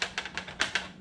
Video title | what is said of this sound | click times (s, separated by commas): Buzbe Tackle Box Review | you hear them positively click in. | 0.0 s, 0.2 s, 0.4 s, 0.6 s, 0.8 s